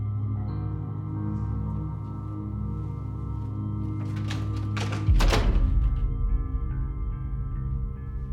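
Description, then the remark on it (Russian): A door is pulled shut with a brief rattle and a single dull, heavy thunk as a man leaves a room and closes it behind him, set against a steady low background hum that continues afterward. “Сафронов кивает, потом выходит из комнаты и закрывает за собой двери.”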